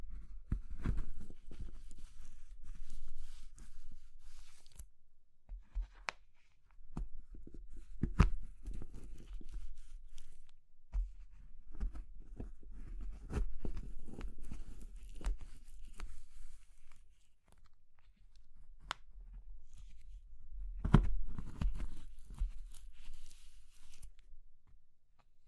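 Soft, crumbly material is crushed and broken in uneven bursts, with dense crackly crunching and sharp snaps scattered throughout, notably around 5, 8, 11 and 21 seconds. Low, thick rumbling runs under the crunches, and brief quiet pauses fall near 5, 10 and 17 seconds.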